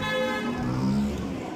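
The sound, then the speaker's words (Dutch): Busy road traffic in Italy with a car horn honking in a steady tone over the rumble of engines, the blare holding for most of the short moment before easing off. “De Italianen rijden als gekken.”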